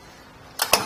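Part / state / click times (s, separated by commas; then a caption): hitch bike rack tilt latch locking upright / seated / 0.6 s, 0.7 s. A Saris MHS DUO hitch bike rack for 2 bikes, on a 2022 Ram 1500, is lifted from its tilted position back upright, and its tilt latch locks with metallic clicks at 0.6 s and 0.7 s, the second louder. The rack is locked in the upright position and safe to drive.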